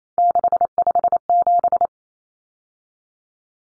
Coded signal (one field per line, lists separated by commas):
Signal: Morse code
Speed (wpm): 28 wpm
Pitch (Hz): 700 Hz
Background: none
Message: 657